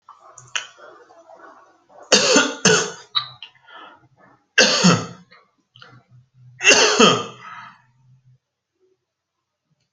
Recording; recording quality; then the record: shallow voluntary cough; moderate, slight background noise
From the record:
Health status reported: healthy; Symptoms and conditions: none ticked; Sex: male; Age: 35 years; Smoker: not ticked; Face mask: not worn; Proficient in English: yes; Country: India